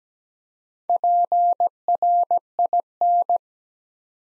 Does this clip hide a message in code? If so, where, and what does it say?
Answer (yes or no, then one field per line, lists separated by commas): yes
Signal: Morse code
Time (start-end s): 0.9-3.4 s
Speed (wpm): 17 wpm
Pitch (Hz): 700 Hz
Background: none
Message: PRIN